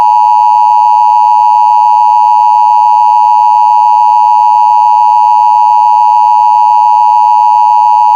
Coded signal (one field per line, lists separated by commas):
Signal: Emergency Alert System (SAME) tones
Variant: 853 and 960 Hz attention tone